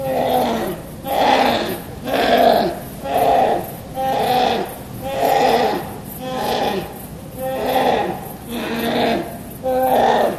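Brown bear giving a run of harsh, bleating calls with a strong low pitch, repeated roughly once a second in a steady pulsing rhythm.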